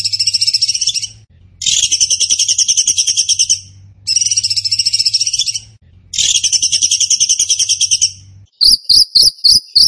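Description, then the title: Bird song: repeated high, buzzy, rapid-fire trills of about two seconds each with short gaps, ending in a series of clipped sharp chirps. A low hum runs underneath. Bird song in the tembakan gacor style, used as masteran (training for other birds). "Masteran Burung Tembakan Gacor"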